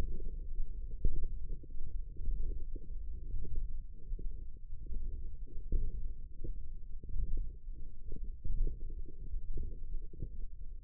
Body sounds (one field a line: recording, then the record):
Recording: forearm muscle sounds (acoustic myography)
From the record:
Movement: radial deviation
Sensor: system 1, eight BSWA MPA416 microphones around the upper forearm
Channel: 6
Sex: female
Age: 21 years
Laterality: right